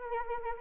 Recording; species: mosquito wingbeat signal from an infrared sensor; Anopheles arabiensis